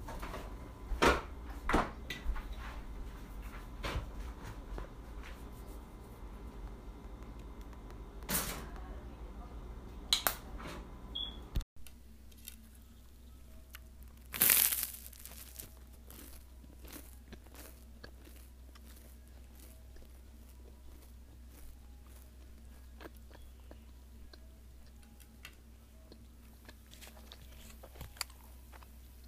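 Someone eats a lunch of a peanut butter sandwich and leftovers, with scattered crunchy bites and chewing sounds, denser in the first twelve seconds. A sharp cut near twelve seconds leads into a quieter stretch with a low hum, a loud rustle around fifteen seconds, and sparse soft clicks.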